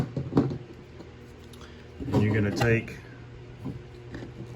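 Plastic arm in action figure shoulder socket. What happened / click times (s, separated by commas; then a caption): The plastic arm popped out of its socket / 0.4 s. The plastic arm of a Lightyear Crystal Grade action figure is pulled straight out of its shoulder socket to swap it for the arm cannon, giving a sharp pop at 0.4 s. Someone talks afterward, and the arm comes free of the socket.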